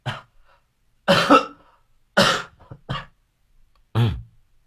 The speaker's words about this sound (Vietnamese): Đó là từ từ tôi mấy hôm nay tôi vẫn còn đang ho các bạn.